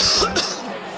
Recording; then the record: coughing mixed with background sound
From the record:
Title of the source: November cold (wet coughing)